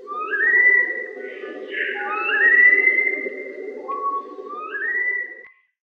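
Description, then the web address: Black-faced bird giving long, drawn-out whistles that slide gently upward, several overlapping or following closely, over a steady low droning hum that stops near the end. "inkaterra asociacion org. black faced"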